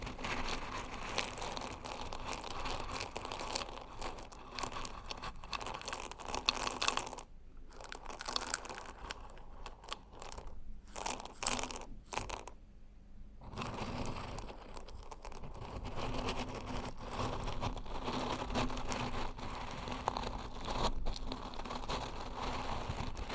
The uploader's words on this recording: Old-Time Riches Crunchy Stirring. NO TALKING.